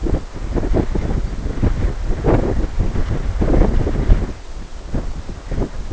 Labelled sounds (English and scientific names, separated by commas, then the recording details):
Lapland Longspur (Calcarius lapponicus)
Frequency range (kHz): Lapland Longspur (Calcarius lapponicus) 3.1-5.2 kHz
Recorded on Arctic tundra, site NAIT-1, on 21 June 2018
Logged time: 17:00